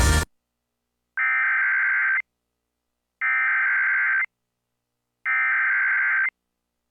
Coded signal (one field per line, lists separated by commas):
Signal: Emergency Alert System (SAME) tones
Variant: header bursts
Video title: EAS Tornado Warning for Downtown Jackson, Mississippi NOAA Weather Radio